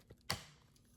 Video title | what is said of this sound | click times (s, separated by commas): Powerful & Lightweight! T351 Trucozie Cordless Vacuum Unboxing + Review (40Kpa Suction Test) | snaps into place like that. | 0.3 s